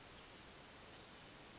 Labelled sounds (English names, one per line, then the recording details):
Brown Creeper
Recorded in Sonoma County, California